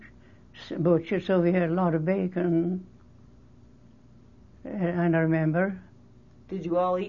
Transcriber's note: none